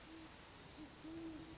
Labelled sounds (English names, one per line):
Great Horned Owl